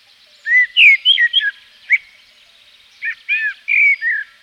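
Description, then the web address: Common blackbird song: two brief phrases of rich, slurred whistles separated by a short pause. Blackbird recorded in Provence. "A természet hangjai 06-A provence-i feketerigó"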